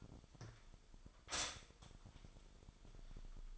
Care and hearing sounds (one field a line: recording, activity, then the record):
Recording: daily activity, microphone in the room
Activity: stop toaster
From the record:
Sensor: 5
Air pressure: 1002.1 hPa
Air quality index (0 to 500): 208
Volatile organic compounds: 20 ppm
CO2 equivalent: 2693 ppm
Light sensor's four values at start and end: 33/108/41/43 and 33/108/41/44